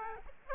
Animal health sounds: mosquito wingbeat signal from an infrared sensor; Aedes aegypti

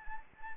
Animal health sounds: mosquito wingbeat signal from an infrared sensor; Anopheles arabiensis

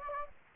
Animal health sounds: mosquito wingbeat signal from an infrared sensor; Anopheles gambiae

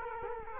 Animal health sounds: mosquito wingbeat signal from an infrared sensor; Culex quinquefasciatus

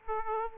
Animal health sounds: mosquito wingbeat signal from an infrared sensor; Aedes aegypti

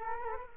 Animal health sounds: mosquito wingbeat signal from an infrared sensor; Culex quinquefasciatus

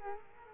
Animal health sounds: mosquito wingbeat signal from an infrared sensor; Culex quinquefasciatus

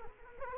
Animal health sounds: mosquito wingbeat signal from an infrared sensor; Culex quinquefasciatus

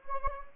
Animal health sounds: mosquito wingbeat signal from an infrared sensor; Anopheles gambiae

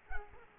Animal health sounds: mosquito wingbeat signal from an infrared sensor; Culex quinquefasciatus

